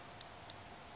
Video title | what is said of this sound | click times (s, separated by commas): Blue Ridge Rotary Cutter Product Review By Target | here that little click that's | 0.2 s, 0.5 s